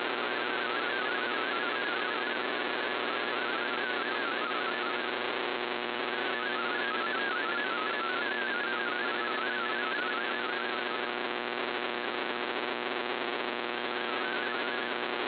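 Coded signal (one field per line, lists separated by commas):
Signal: multi-tone FSK (Olivia or MFSK type)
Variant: MFSK16 or MFSK32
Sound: rapidly hopping single warbling tone around 1.5 kHz in steady shortwave hiss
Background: radio static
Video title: VOA Radiogram 20160213 1600 UTC 17580 kHz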